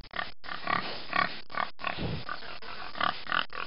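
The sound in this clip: Hog grunting and snorting, a series of rough grunts and oinks in bursts, with short silent gaps between them.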